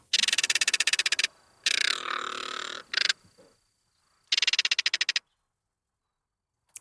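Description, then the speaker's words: Crested Caracara giving a harsh, rapid rattling series, then a long grating rasp and a short burst, then another fast rattle. Species usually lives in Central and South America. "That is the sound of a crested caracara, a bird that usually hangs around Central and South America."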